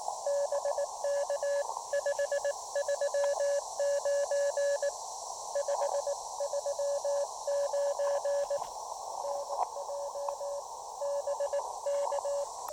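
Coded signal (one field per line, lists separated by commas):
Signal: Morse code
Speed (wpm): 19 wpm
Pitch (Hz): 590 Hz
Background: radio noise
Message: BK 539 539 NJ BK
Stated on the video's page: Morse heard during a POTA park activation.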